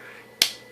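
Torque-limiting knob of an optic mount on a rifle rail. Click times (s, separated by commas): 0.4 s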